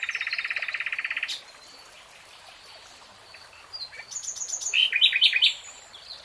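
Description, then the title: Nightingale song: a fast, loud series of identical rattling notes, then a pause and a varied burst of sharp whistles and chips, over a steady background hiss. "[Tiếng chim hót] Nightingale Singing"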